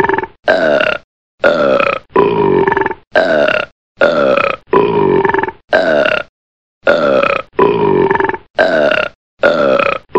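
A burp sounds again and again, about a dozen short, throaty belches in a steady rhythm, each under a second and separated by brief dead silences. They are loud with a rough, gurgling texture, and each one sounds much like the last.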